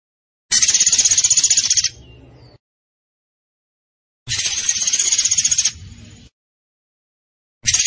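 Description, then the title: Zebra finch delivering two harsh, buzzy high trills of rapid pulses about four seconds apart, each a little over a second long, with faint low noise after each, and a third beginning at the end. Master recording for training cage birds. "Masteran Burung Tembakan Gacor"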